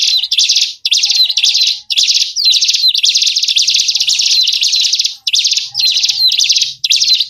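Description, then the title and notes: High scratchy bird chatter comes in longer runs and shorter bursts, with occasional short gaps and a faint whistle below. Lure sounds to attract wary, stubborn birds that are hard to approach. "Suara Burung Bandel Yang Susah Mendekati. Kompilasi Suara Pikat Burung"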